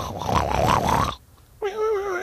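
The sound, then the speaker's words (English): Someone mimics a pig with their voice: a long, raspy, snorting grunt, a short silence, then a sustained, nasal, higher-pitched squeal. “Like, I hear this kind of oinky noisy, like, wee, wee, wee, wee. No, not oinking, but more like.”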